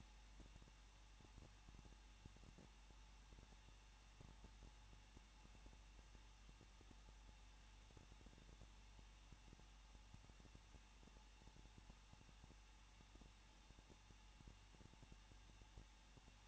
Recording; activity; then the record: daily activity, microphone in the room; no activity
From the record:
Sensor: 1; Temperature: 20.1 degrees Celsius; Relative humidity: 39.2%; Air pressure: 1006.3 hPa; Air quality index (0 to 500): 218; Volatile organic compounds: 77 ppm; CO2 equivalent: 3584 ppm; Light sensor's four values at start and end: 1/2/1/1 and 1/2/1/1